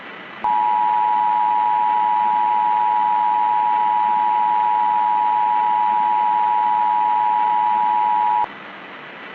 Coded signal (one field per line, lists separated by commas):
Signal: Emergency Alert System (SAME) tones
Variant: 853 and 960 Hz attention tone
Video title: Hidden In The Frost [EAS Scenario / Analog Horror] (#12 - Fall Brawl Special)